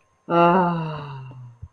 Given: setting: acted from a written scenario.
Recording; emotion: vocal sound without words; ecstasy